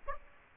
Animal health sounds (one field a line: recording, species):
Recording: mosquito wingbeat signal from an infrared sensor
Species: Aedes aegypti